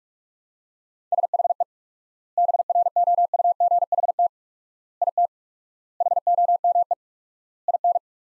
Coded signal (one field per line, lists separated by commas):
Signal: Morse code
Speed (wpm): 41 wpm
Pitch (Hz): 700 Hz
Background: none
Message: SHE BROUGHT IT HOME IN